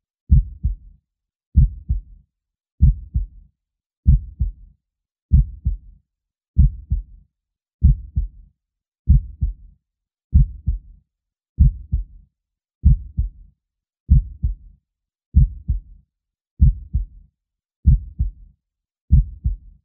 Calming Heartbeat Sound for Babies. The sound of a heartbeat is naturally calming to babies.